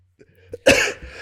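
A single cough from an adult man.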